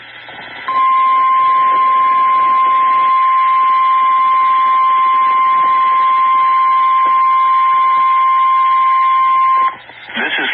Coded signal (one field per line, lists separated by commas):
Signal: Emergency Alert System (SAME) tones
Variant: 1050 Hz attention tone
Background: speech